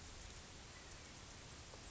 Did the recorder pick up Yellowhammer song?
no